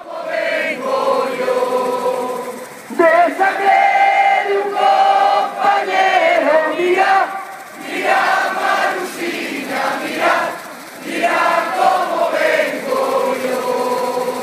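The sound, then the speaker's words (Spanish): A large protest crowd chants loudly in unison at Puerta del Sol, Madrid, in July 2012, as the third Marcha Negra arrives, voices rising and falling in long melodic phrases that swell and dip in steady waves for the whole stretch. “Puerta del Sol, julio 2012, llegada de la tercera marcha negra a Madrid.”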